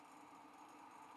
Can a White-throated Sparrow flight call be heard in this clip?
no